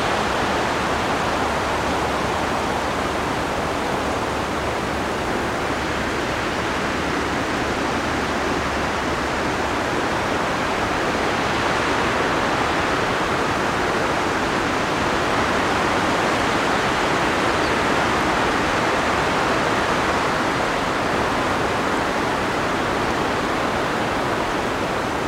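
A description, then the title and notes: Mountain wind in Nepal blows as a steady, dense rush across the whole 25 seconds, with no pauses or gusts standing out. The sound is full and airy, strongest in the middle range, with a faint low rumble underneath during the first half. NepalMountainwind. Slow treking in the Himalyas.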